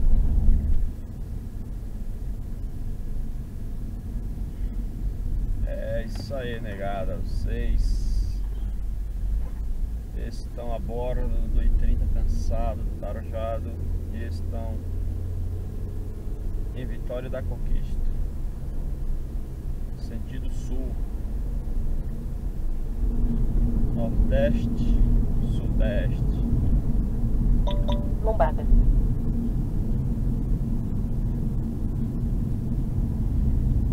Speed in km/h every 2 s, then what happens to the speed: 39, 38, 38, 26, 20, 28, 36, 43, 48, 53, 57, 60, 60, 58, 56, 54, 51.
0-7 slows to 20. 8-21 speeds up to 60. 24-34 slows to 51.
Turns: none.